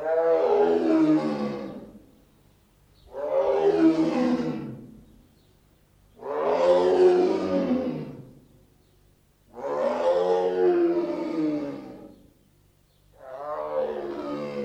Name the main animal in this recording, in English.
Tiger